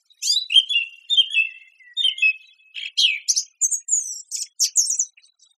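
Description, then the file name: Song thrush song of varied whistled and slurred phrases, some drawn out, ending in a run of high, thin notes. "suara-kicauan-burung-song-thrush -omkicau"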